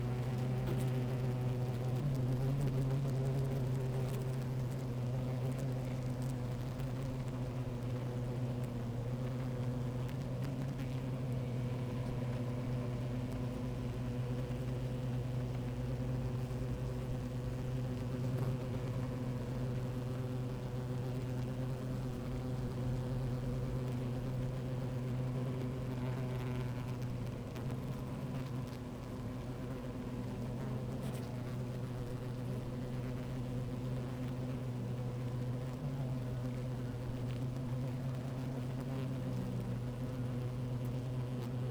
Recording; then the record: honeybee colony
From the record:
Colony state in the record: active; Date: 28 July 2017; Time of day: 12:50